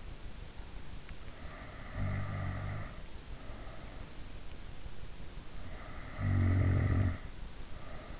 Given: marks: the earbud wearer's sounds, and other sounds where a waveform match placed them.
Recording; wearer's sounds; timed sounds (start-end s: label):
sounds in sleep by an in-ear microphone; snoring breath
1.35-4.15 s: snoring breath
5.52-8.20 s: snoring breath